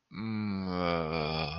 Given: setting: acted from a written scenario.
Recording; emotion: vocal sound without words; serenity